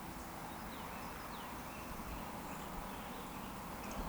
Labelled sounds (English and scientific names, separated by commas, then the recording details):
Eurasian Woodcock (Scolopax rusticola) whistle
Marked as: whistle, whistle
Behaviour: display flight
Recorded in Baden-Württemberg, Germany, on 14 June 2020 at 19:37 UTC
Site 14569, 102 m above sea level